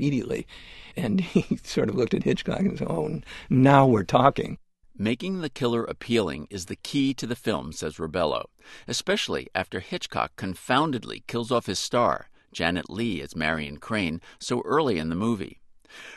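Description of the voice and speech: A man narrates in a steady, clear voice at a normal pace with natural pitch movement and brief pauses between phrases. Articulation is crisp and fluent, with no hoarseness, slurring or stuttering. This is ordinary adult speech.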